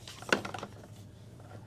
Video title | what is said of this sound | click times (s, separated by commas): HD Innovations Livescope Shuttle and Pole HDI Garmin | positive lock into place | 0.3 s